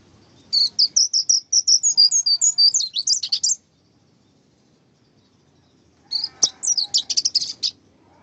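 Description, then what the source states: White-eye song: two bursts of quick, high chipping notes, the first longer, separated by a silent gap. Tutor recording (masteran) of a pleci (white-eye), used so that a pleci quickly opens its beak and starts singing.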